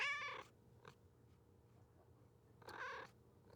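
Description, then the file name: Cat giving two short meows, one at the start and another near the end, with quiet low background hum between them. "Misc Int Cat Meowing"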